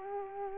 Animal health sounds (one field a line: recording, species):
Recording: mosquito wingbeat signal from an infrared sensor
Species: Culex quinquefasciatus